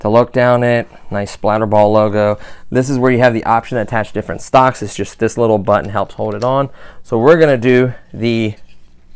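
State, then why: Not seated. Someone talks about a Splat-R-Ball SBR 1200 toy gel-ball blaster while handling the detachable plastic shoulder stock that slides onto the rear of the blaster body, held on by a little button. Only talking is heard, and the stock has not yet snapped into place; nothing has seated or clicked.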